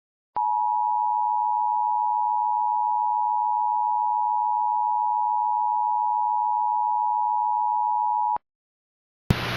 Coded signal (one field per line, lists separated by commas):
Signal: Emergency Alert System (SAME) tones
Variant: 853 and 960 Hz attention tone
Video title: EAS Recreation: PDS Flash Flood Warning for Polk GA